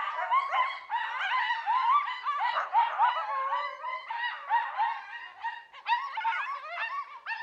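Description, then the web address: Coyote group calling, quavering yips and warbling yelps tumbling over one another in an uneven, excited chorus, with brief dips between bursts. Western North America. "Wildlife Identification By Sound, Western North America. Coyote"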